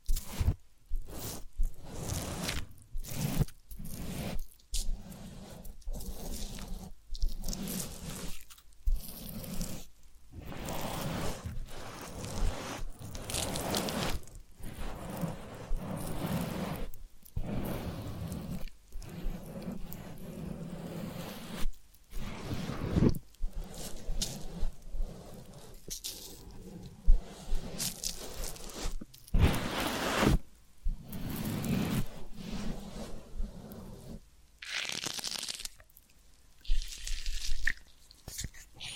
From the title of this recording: Massage, Ear Cleaning and Spa